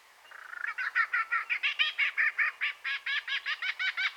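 Superb lyrebird song, a fast run of many loud, evenly spaced ringing notes that grow louder over the first second, then hold steady.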